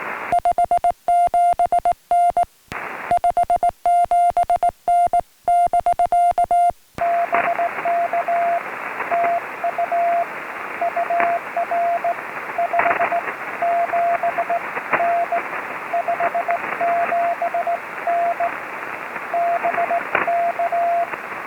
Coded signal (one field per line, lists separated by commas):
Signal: Morse code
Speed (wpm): 18 wpm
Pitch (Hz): 700 Hz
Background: music, radio noise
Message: 57N 57N <BK> BK TU UR 57N 57N BK